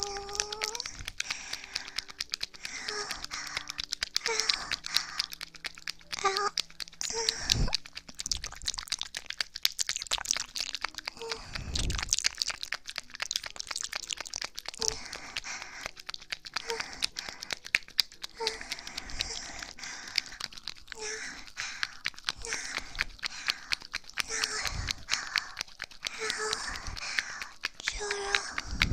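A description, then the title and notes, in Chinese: Ear licking and mouth sounds: a dense, unbroken stream of wet clicks, smacks and crackles runs the whole way, crisp and bright. Short soft tonal blips recur every second or two, with occasional stronger wet bursts and a faint low hum underneath. 舔耳+口腔音。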